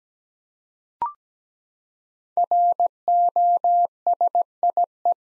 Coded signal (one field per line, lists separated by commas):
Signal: Morse code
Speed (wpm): 17 wpm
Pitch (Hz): 700 Hz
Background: none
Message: ROSIE